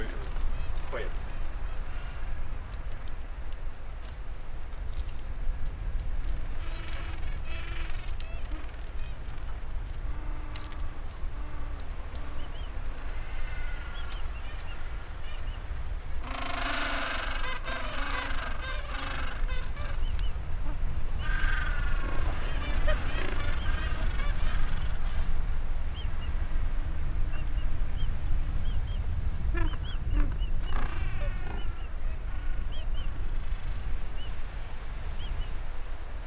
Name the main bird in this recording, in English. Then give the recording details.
Gentoo Penguin. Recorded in the wild. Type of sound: call. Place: Georges Point, Antarctica, AQ. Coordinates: -64.4, -62.4. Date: 2018-12-24. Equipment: Olympus LS-100, Sennheiser ME66. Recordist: Beaulieu, Michaël. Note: In Kolonie von Esels- und Zügelpinguinen. Meistens brütende Vögel